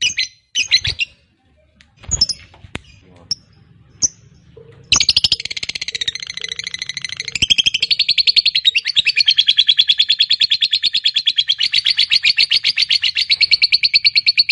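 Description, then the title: Lovebird chatter begins after a few scattered chirps and clicks, then runs as a continuous fast series of harsh pulsed notes for the rest. Lovebird of fighter type, giving a long ngekek, the drawn-out chattering song. "Suara Lovebird FIGHTER NGEKEK PANJANG"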